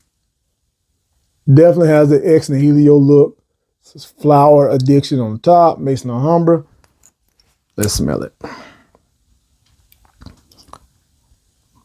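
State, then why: Not seated. A man talks while handling a plastic perfume cap and refitting it onto the top of the bottle before smelling it. Only light ticks are heard, and the cap does not click into place, so nothing has seated or clicked yet.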